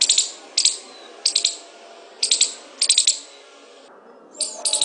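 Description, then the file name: Squirrel chattering call: short bursts of sharp, high clicking notes in clusters of two to four, spaced irregularly over a steady background hiss. "suara-bajing -omkicau"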